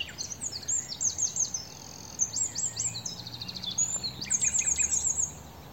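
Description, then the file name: Eurasian wren song, a fast tumbling series of high metallic trills and chattering notes, bursts alternating throughout over faint low background noise. "Troglodytes troglodytes"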